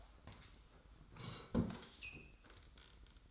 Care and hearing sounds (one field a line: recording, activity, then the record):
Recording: daily activity, microphone in the room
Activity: sit down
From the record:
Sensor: 3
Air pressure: 990.4 hPa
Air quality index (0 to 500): 169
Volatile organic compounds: 1000 ppm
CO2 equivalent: 5480 ppm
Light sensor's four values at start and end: 45/106/43/41 and 45/105/43/41